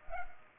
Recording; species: mosquito wingbeat signal from an infrared sensor; Culex pipiens